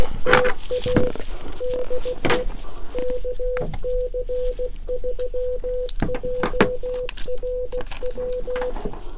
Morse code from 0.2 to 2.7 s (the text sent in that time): TA DE